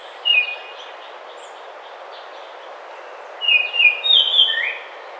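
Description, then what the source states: Baltimore oriole singing: one short whistled note, a pause, then a rich phrase of clear fluty whistles, over steady background hiss. Recorded on 27 May 2009.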